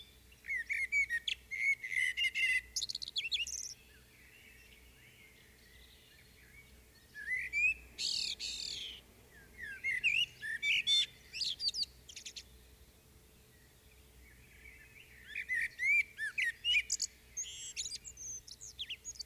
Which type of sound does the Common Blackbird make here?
song